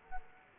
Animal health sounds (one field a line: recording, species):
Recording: mosquito wingbeat signal from an infrared sensor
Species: Culex quinquefasciatus